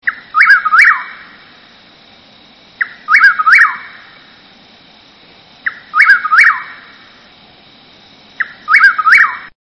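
Chuck-will's-widow singing its loud whistled phrase of three notes, a short soft note then two rolling slurred whistles, repeated about every three seconds.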